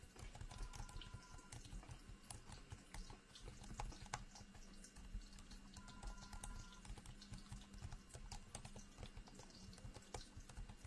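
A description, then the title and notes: Dense, irregular typing clicks run throughout over a low steady rumble, with two short paired beeps near the start and middle. Typing, paper shuffling and lots more, including thunder.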